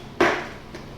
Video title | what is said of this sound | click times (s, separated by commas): On-site Assembly Testing of TWILITE Scope | you can hear a good audible click on it it's got a little uh breathing vent right there as well | 0.2 s